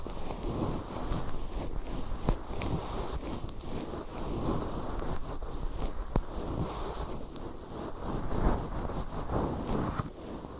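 Fluffy ear cleaning: a continuous, deep, muffled rustling, with soft fuzz rubbing and sweeping in uneven strokes that swell and fade. Sharp little clicks land near 2 and 6 seconds, and brief brighter swishes follow around 3 and 7 seconds.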